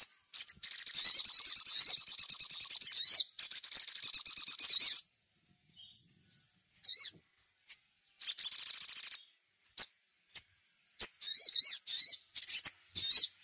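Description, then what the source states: Little spiderhunter song: long, rapid, high-pitched chattering trills lasting several seconds, then a pause and shorter bursts and single sharp chips. A faint steady high hiss runs throughout. Masteran (training recording).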